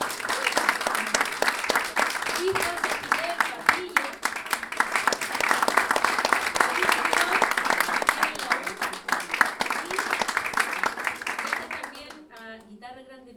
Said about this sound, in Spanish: Esta noche van a estar Alexis Díaz Pimienta. Aplausos.